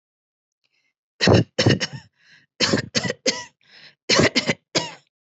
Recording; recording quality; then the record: shallow voluntary cough; excellent, no background noise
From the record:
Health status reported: healthy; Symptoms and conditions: none ticked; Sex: female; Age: 48 years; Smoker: not ticked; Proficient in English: yes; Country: India